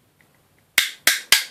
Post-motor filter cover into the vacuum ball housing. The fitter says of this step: gets quite tight then you wait to hear the for the three clicks